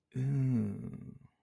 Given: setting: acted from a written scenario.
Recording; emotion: vocal sound without words; realization